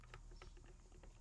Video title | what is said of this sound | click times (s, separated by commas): Weed Wacker Won't Start? EASY Fix in Minutes! | I didn't fully hear it engage or click, but | none